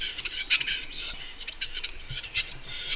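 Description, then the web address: Western capercaillie giving a fast run of dry, scratchy clicking and rasping bursts, high-pitched and uneven, continuing throughout. "Tetrao urogallus"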